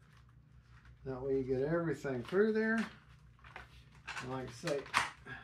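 A wing or tail part is handled at the fuselage of an Arrows SZD 54 RC glider while someone talks. Short handling noises come at about 0.9 s, 3.4 s and 3.6 s. Nothing has seated or clicked yet.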